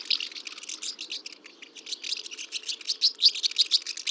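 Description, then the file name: Common house martin chattering, a near-continuous stream of rapid, high, scratchy chirps. "Hirondelle de fenetre"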